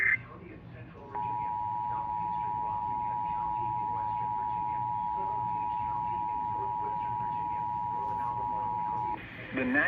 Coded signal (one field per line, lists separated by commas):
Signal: Emergency Alert System (SAME) tones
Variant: 853 and 960 Hz attention tone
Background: speech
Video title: SVR..but it's on an IP phone, w/audio from the sage relaying the SVR on KZZ28. | 6/12/26 - EAS #1563